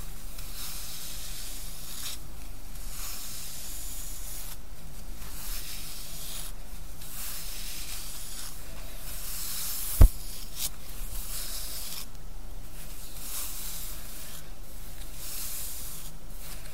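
Hair is brushed in steady, repeated strokes, each a bright rustling swish that comes every second or so and fades between passes. A single sharp click lands near the ten-second mark. A faint low hum sits underneath.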